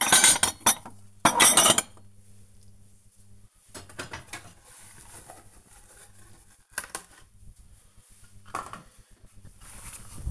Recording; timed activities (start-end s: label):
household activities, microphone on the right wrist
0.00-10.31 s: cleaning out the dishwasher